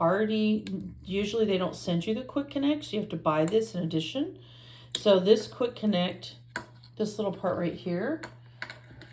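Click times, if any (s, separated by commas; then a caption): 8.6 s. Someone talks while a plastic quick-connect fitting is pushed onto the supply line of a gold brushed vanity faucet. It snaps into place with a sharp click at 8.6 s, followed by a couple of smaller clicks, and the fitting is seated.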